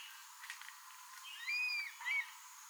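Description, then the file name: Crested serpent eagle giving a clear whistled call: one drawn-out level note and a brief upslurred second note over a steady hiss. "elang ular bido"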